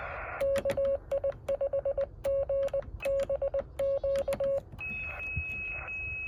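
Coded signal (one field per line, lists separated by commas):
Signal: Morse code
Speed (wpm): 20 wpm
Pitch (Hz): 550 Hz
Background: radio noise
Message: KI5GBQ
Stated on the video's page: Morse code POTA park activation attempt with a Yaesu 817.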